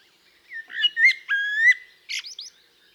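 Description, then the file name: Common blackbird singing one short phrase of clear fluted whistles, followed by a few high squeaky twittered notes. "Turdus merula"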